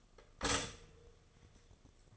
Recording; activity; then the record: daily activity, microphone in the room; stop toaster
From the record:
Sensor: 4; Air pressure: 1005.0 hPa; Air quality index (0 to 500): 186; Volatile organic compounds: 5 ppm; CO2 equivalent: 1830 ppm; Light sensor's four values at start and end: 18/62/23/22 and 17/57/21/20